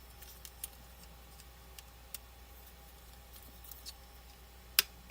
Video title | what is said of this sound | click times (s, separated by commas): Live Unboxing & Building Blokees Transformers Galaxy 02 | and they're pegs on the shoulder and so you're just going to put it put them by the side there until it clicks. | 4.8 s